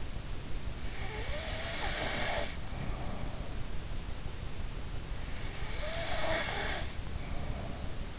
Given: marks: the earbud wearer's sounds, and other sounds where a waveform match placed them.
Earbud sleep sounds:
sounds in sleep by an in-ear microphone; snoring breath
0.91-3.65 s: snoring breath
5.39-8.19 s: snoring breath

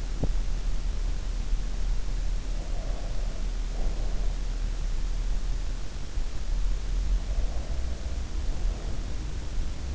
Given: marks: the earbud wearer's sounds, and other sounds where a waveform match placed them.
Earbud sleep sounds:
sounds in sleep by an in-ear microphone; teeth grinding, breath
0.00-0.45 s: teeth grinding
2.54-4.51 s: breath
7.04-9.22 s: breath

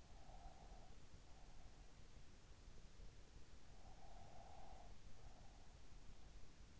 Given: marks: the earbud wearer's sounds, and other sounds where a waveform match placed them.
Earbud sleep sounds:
sounds in sleep by an in-ear microphone; breath
0.15-1.94 s: breath
3.76-5.86 s: breath

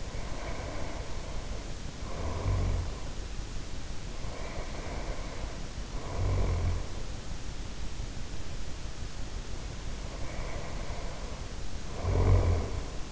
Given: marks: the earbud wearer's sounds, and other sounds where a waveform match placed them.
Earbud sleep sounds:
sounds in sleep by an in-ear microphone; snoring breath
0.00-3.12 s: snoring breath
4.03-7.05 s: snoring breath
10.00-13.12 s: snoring breath

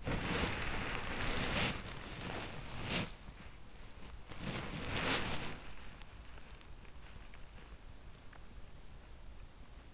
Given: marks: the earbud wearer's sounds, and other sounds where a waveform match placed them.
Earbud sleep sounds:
sounds in sleep by an in-ear microphone; body movement
0.00-5.73 s: body movement

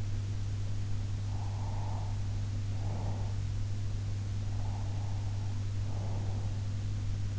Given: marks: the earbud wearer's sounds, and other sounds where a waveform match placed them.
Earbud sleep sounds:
sounds in sleep by an in-ear microphone; breath
1.28-3.37 s: breath
4.52-6.55 s: breath

